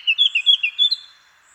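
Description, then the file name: Eurasian blackcap song fragment, a quick string of several clear, fluty whistled notes, then quiet. "Sylvia atricapilla"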